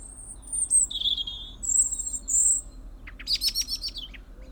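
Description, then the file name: European robin singing: drawn-out, very high thin whistles, a lower wavering note, then a quick stuttering trill near the end. "Erithacus rubecula"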